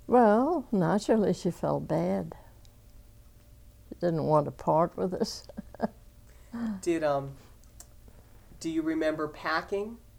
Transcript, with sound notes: Well, naturally she felt bad. She didn't want to part with us. (she laughs)
Did, do you remember packing?